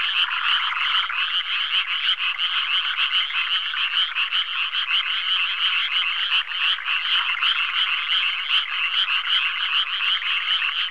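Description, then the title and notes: Continuous frog chorus of rapid, buzzy croaks from many callers, evenly loud across the whole stretch. "NHK Sound Effects Collection - 3-Frogs. NHK効果音集 - 3-カエル"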